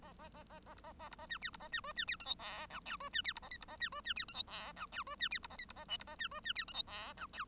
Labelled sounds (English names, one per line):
Bengalese Finch song